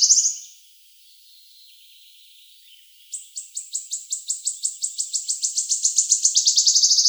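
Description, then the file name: Wood Warbler ending one buzzy trill, a quiet pause, then a new high trill starting slowly and accelerating into a rapid shivering buzz. "Penochka treshhotka"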